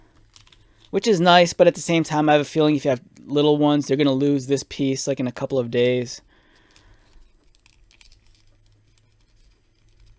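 Someone talks while handling the removable plastic chest armor piece of a Playmates Battle Roar Mechagodzilla action figure (Godzilla vs Kong Monsterverse), which has been taken off and is being pressed back onto the torso. After the talking stops, faint plastic taps and clicks of handling are heard around 6.8 s and from 7.7 to 8.1 s. The clip ends before the panel goes home, so nothing has seated yet.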